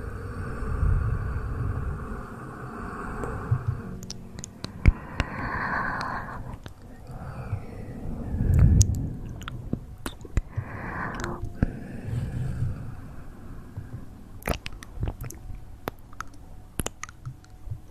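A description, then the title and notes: Mouth sounds follow one another quickly: wet smacks, clicks and pops scattered through the whole stretch, some sharp and bright, with soft breathy whooshes and low rumbling puffs between them. A heavier low thump stands out a little past the midpoint. Fastest Mouth Sounds.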